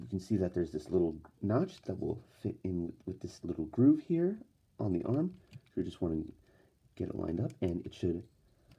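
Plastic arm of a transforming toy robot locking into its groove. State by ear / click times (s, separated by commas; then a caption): not seated / none. Someone talks while lining up a small notch on the plastic arm of a Combiner Wars Devastator transforming toy robot with a groove on the arm, ready to fold the arm down so it locks into place. Nothing has seated or clicked yet by the end of the clip.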